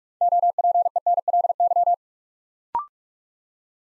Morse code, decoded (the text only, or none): OPENLY